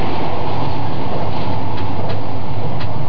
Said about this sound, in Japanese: 風が窓を叩く音とともに、列車が新しい風景の中に放り出される。